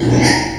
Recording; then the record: squeal of a Yucatan mini pig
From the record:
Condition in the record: before surgery on the right vocal fold (resection and tissue-engineered implant); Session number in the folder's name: 2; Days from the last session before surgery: 0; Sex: male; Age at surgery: 12 weeks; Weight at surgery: 13 kg